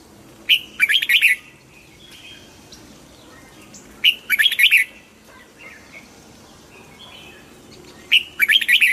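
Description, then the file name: Red-whiskered bulbul song of quick chirpy phrases with high clicking notes, repeated three times at roughly four-second intervals, with faint twittering in the gaps. Hue strain red-whiskered bulbul singing in the double-voice style (giọng kép). "Tieng chao mao hue hot giong kep"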